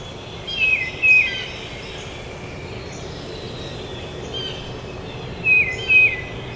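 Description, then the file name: Tufted titmouse giving paired clear whistles that fall slightly, one pair near the start and one near the end, with a long quiet gap between. Recorded at Trempealeau on 12 May 2018. "2018-05-12 TUTI-Trempealeau"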